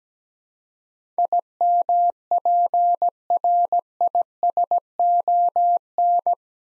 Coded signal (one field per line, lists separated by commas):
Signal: Morse code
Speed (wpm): 17 wpm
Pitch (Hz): 700 Hz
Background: none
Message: IMPRISON